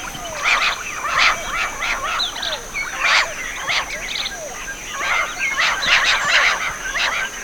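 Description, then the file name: Bird calls, bursts of rapid chirping and chattering rising and falling in waves, with a continuous thin high whine behind them. "SABIOD 50 bird 2015"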